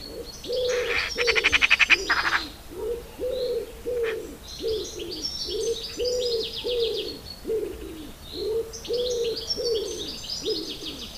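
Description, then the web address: Eurasian magpie gives a loud, grating rattle near the start, with a low call repeating steadily underneath. "agykontroll Madardalok Cd 2. Szarka"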